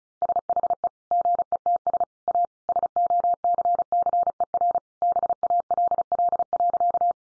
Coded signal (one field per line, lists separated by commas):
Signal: Morse code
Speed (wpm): 34 wpm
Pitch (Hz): 700 Hz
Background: none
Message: SHE GETS A SOCCER BALL.